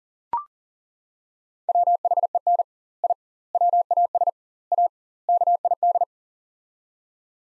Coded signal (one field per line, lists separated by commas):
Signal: Morse code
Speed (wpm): 40 wpm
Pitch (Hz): 700 Hz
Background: none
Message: WHEN I WAS A KID